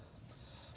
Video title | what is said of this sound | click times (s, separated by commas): MAP (Manifold Absolute Pressure) sensor replacement-2008 Dodge Ram 1500 SLT 5.7l V8 Hemi | okay that was kind of faint but i heard it and then you want to push the safety tab back in | 0.8 s